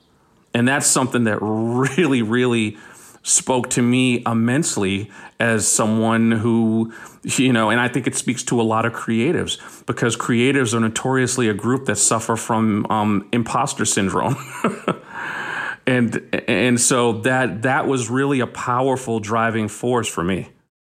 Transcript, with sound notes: and that's something that really, really spoke to me immensely as someone who - you know, and I think it speaks to a lot of creatives because creatives are notoriously a group that suffer from imposter syndrome (laughter). And so that that was really a powerful driving force for me.